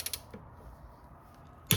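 A click-type torque wrench set to 80 foot-pounds tightens a 17 mm wheel nut on a Honda car. A few quick ratcheting clicks at the start are followed by a low steady hum, then a single sharp, loud click at 1.7 s as the wrench breaks at its 80 ft-lb setting.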